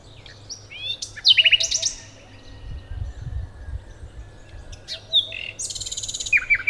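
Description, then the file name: Common nightingale singing varied phrases: sharp downslurred notes, a rich burst of rapid notes, softer scattered notes, then a fast buzzy trill at the end. "Luscinia megarhynchos"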